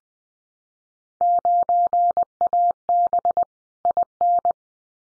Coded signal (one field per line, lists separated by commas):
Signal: Morse code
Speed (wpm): 19 wpm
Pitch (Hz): 700 Hz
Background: none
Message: 9AB IN